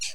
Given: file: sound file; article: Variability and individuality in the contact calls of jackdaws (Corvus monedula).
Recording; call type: jackdaw call; noisy